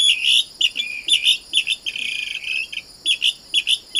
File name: canto da saracura do banhado